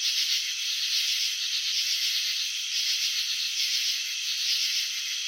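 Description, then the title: Cricket trilling, a bright continuous buzz of rapid pulses that swells and dips slightly in loudness about once a second. Crickets filmed in slow motion while chirping, showing wing vibrations and antenna movements. "Crickets in Slow Motion. Capturing the Elegance of Chirping"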